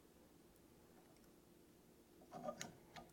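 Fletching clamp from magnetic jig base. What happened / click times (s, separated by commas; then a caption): The magnetic clamp snapped free of its base / 2.6 s. A magnetic fletching clamp holding a glued arrow vane is pulled off its jig base after being held for about 15 seconds. A sharp click at 2.6 s marks the clamp releasing, followed by a fainter tick near 3.0 s over a quiet background.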